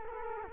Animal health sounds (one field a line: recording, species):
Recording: mosquito wingbeat signal from an infrared sensor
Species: Culex quinquefasciatus